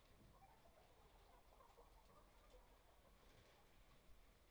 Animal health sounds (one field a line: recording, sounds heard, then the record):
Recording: poultry house recording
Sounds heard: healthy chickens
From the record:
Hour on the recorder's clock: 11